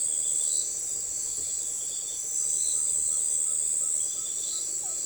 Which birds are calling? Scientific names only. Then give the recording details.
none. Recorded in forest near Pivijay, Magdalena, Colombia, on 13 April 2023 at 02:30. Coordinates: 10.467, -74.380. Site Z5-G034